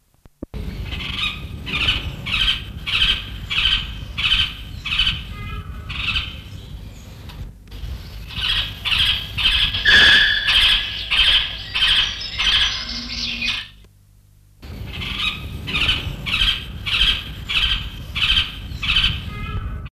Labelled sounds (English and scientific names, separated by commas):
Yellow-tufted Woodpecker (Melanerpes cruentatus) call